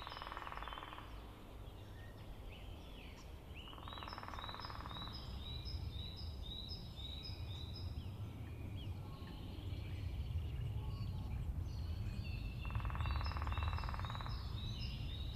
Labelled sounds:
Lesser Spotted Woodpecker drumming
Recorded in the wild
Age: adult
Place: Hobrechtsfelder Rieselfelder, Naturpark Barnim, Berlin, DE
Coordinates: 52.663, 13.466
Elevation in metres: 60
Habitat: deciderous forest
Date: 2014-03-23
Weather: sunny, 7-8°C, almost no wind
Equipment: Sound Devices 702, Sennheiser MKH 70, Rycote Windschutz
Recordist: Frommolt, Karl-Heinz

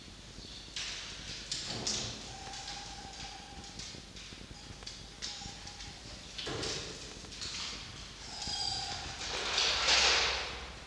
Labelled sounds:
Red Fox
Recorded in captivity
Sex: pair
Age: adult
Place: Zoologisches Institut der HUB, Berlin, DE
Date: 1953-04-13 17:45
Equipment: Elmetra
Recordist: Tembrock, Günter
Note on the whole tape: Jupp (Fleisch zutragend): Muffen (mit Fleisch) und Winselanlaut (=Ranzwinseln?); Fiffi (läuft an Jupp vorbei in den Kasten): Winseln; (antwortet aus dem Kasten): Winselkreischen

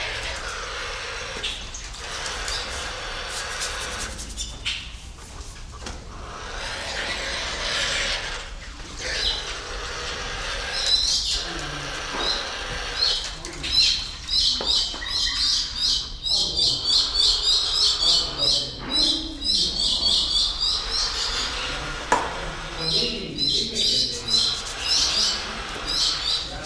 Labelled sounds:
Emerald Starling
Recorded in captivity
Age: adult
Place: Zoo Berlin, Berlin, DE
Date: 1993-01-30
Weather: -6° C, sonnig
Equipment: Marantz CP 430, Sennheiser ME 80, Kopie Uher Variocord 263
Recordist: Tembrock, Günter

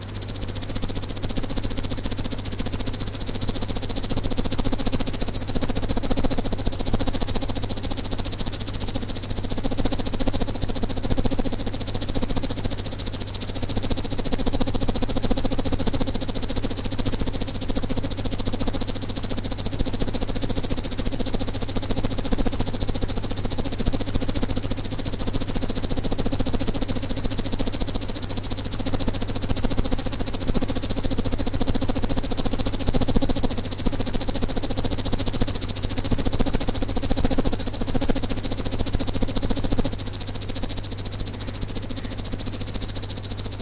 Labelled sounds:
River Warbler song
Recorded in the wild
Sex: male
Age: adult
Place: Dobre Miasto, Warminsko-Mazurskie, PL
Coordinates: 54.04, 20.4844
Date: 1965-07-09 21:00
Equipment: Grundig TK 4, BG 20/6 - 19 cm/s
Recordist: Schubert, Michael
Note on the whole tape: Revier Strijkowo bei Dobre Miasto. Gesang. (Beachte die Einleitung der Strophen!)

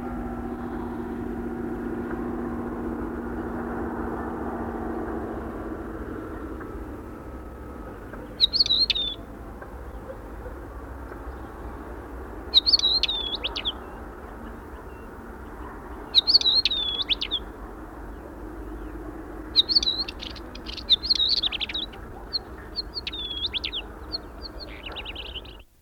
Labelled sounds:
Northern Wheatear song
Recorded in the wild
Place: Pingarati, Moldova, RO
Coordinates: 46.93, 26.187
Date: 1973-04-19
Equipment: Nagra III BH, Sennheiser MD 21, parabola
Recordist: Schubert, Michael

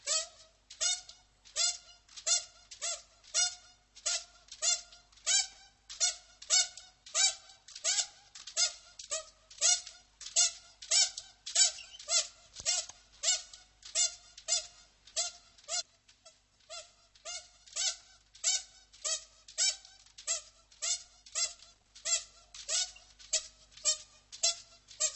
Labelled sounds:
Spectacled Bear call
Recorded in captivity
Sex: female
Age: adult
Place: Tiergarten Nürnberg, Bayern, DE
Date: 1998-11-13 15:50
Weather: overcast, ca. 2-3°C
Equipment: Sony MD-WM MZ-R3, Sennheiser MKH 416 T, Kopie Uher 4000 Report Monitor
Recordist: Tembrock, Günter

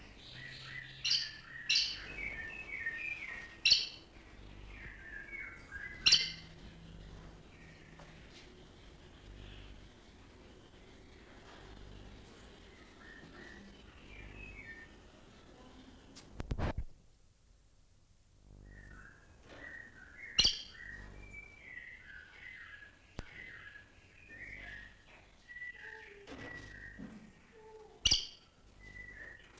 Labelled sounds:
Black-necked Aracari call
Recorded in captivity
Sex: female
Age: adult
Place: Zoo Berlin, Berlin, DE
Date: 1998-03-21 11:46
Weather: heiter, ca. 0°C
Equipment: Nagra SN, Kopie Uher 4000 Report Monitor
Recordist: Tembrock, Günter

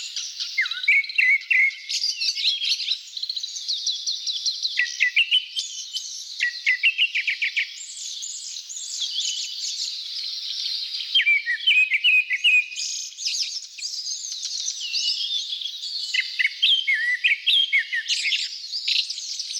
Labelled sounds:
Grey-backed Thrush song
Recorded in the wild
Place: Kedrojawa Pad-Nationalpark, RU
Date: 1994-06-09
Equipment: Dat-Recorder Casio DA 7, Telinga DAT, Telinga-Parabolspiegel
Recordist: Schwarz, Dieter

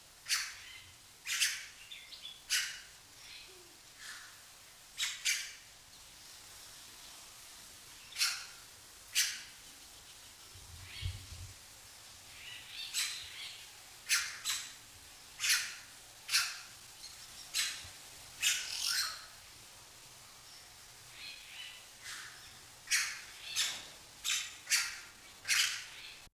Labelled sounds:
Red-rumped Cacique call
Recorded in captivity
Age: adult
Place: Zoo Berlin, Berlin, DE
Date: 2002-10-22 11:51
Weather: overcast, light rain shower, 13°C
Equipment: Nagra SN, Kopie Uher 4000 Report Monitor
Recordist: Tembrock, Günter

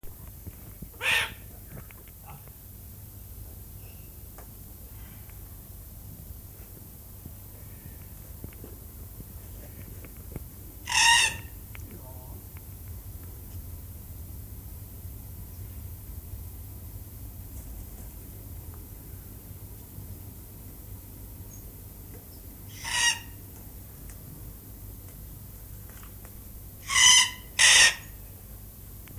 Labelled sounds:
Red-tailed Black Cockatoo call
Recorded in captivity
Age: adult
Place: Zoo Berlin, Berlin, DE
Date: 2008-08-18
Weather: bedeckt, ca. 22°C
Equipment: Sony WM-D6C, Sennheiser ME 80, Kopie Uher 4000 Report Monitor
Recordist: Tembrock, Günter

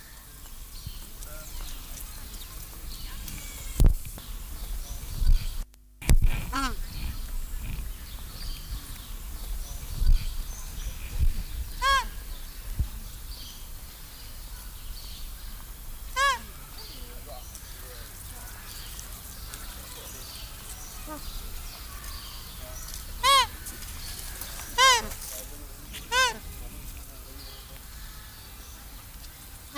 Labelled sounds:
Magpie Goose call
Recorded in captivity
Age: adult
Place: Tierpark Berlin, Berlin, DE
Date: 2002-03-17 16:49
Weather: sunny, 14°C
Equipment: Sony WM-D6C, Sennheiser MKH 416, Kopie Uher 4000 Report Monitor
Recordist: Tembrock, Günter
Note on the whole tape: Diverse Lautformen, z.T. am Gitter. Teilweise sehr gute Aufnahmequalität

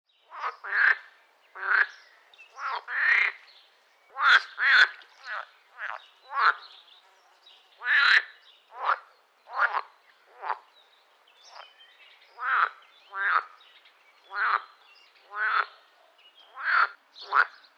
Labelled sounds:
Edible Frog
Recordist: Tembrock, Günter
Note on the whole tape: Lautformen (im Kunstteich ca 8 x 5 m), sehr gute Aufnahmequalität

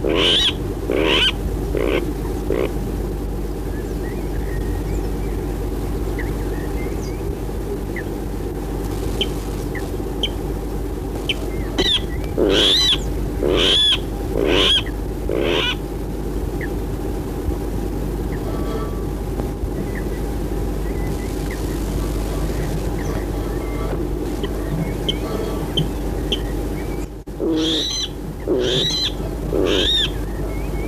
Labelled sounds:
Water Rail
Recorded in the wild
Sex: male
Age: adult
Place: Aseleben, Eislebener Senke, Sachsen-Anhalt, DE
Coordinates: 51.4953, 11.6728
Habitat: lake
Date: 1964-04-01
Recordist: Stiefel, Arnd

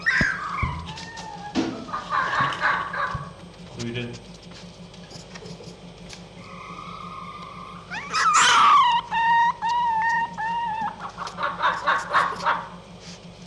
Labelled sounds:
Red Fox
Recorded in captivity
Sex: diverse
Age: diverse
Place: Zoologisches Institut der HUB, Berlin, DE
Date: 1956-05-21 10:45
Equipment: Elmetra
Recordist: Tembrock, Günter

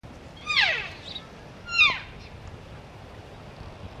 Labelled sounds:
Wapiti call
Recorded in captivity
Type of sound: call
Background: Cervus elaphus
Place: Tierpark Berlin, Berlin, DE
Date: 1965-09-19
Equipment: Uher 4000 Report-S, Transistorverstärker II, Sennheiser MD 421
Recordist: Tembrock, Günter
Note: Altai-Maral. Weibliche Tiere Junghirsch: Rufe. Aufnahmezeit: 8.00-11.30 Uhr. Daneben Wapiti

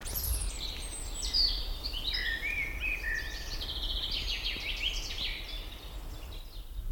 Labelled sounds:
Common Chaffinch song
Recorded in the wild
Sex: male
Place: Lanke, Brandenburg, DE
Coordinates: 52.76, 13.54
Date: 1995-04-30 20:08
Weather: heiter 14-15°C
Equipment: Marantz CP 430, Sennheiser ME 80, Kopie Uher 4000 Report Monitor
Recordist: Tembrock, Günter
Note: Gesang. Dazu Lautkulisse - Erlenbruch am Ende des Hellsees Richtung Lanke

